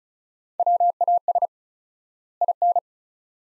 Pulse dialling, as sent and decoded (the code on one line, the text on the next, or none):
none